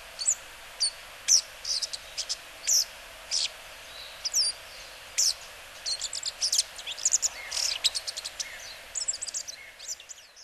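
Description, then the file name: Bull-headed shrike giving sharp, high, squeaky calls in short bursts, more crowded toward the end, over a steady hiss of background noise. Recorded in Hyogo. "mozu 1002 hyogo kaji"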